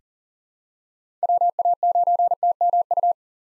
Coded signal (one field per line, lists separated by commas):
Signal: Morse code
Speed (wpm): 40 wpm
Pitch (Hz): 700 Hz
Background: none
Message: WA9TMU